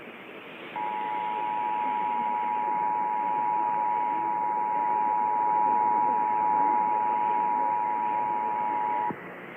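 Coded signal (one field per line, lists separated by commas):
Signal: Emergency Alert System (SAME) tones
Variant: 853 and 960 Hz attention tone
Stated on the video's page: Statewide required monthly test originated by AETN and relayed on all Arkansas radio and TV stations.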